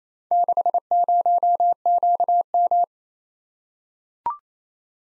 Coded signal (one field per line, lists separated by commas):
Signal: Morse code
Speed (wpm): 28 wpm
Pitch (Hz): 700 Hz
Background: none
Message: 60QM